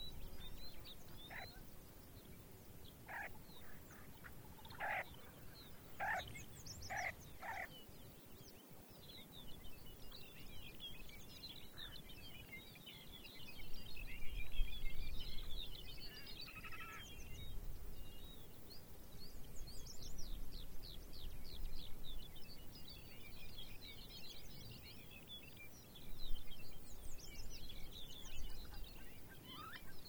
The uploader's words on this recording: Arctic Wildlife Refuge. Listen to Ptarmigan, longspurs, rough legged hawks, red necked phalarope and the arctics very own bluethroat.